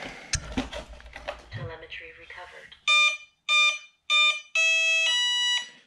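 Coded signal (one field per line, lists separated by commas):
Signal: beep code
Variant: RC plane ESC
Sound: brief speech, then three short buzzy beeps followed by one longer lower tone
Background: speech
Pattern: 3 short, 1 long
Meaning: Three beeps mean a three-cell (3S) battery is connected; the final tone means ready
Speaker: so you'll hear that i got three beeps it went beep beep beep and then there was a tone so the three beeps tell me that i have a 3s uh three cell battery plugged in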